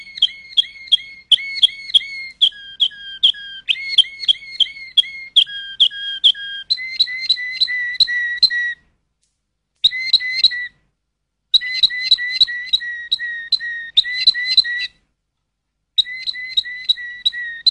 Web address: sounds canary canary-sound